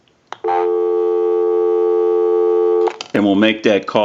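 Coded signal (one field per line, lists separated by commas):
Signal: telephone call progress tone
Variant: North America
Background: speech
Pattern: dial tone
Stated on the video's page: Touch-tone dialing from a Western Electric 2500 desk telephone under repair.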